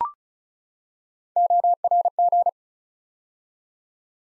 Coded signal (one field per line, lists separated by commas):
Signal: Morse code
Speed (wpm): 36 wpm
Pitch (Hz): 700 Hz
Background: none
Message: ORG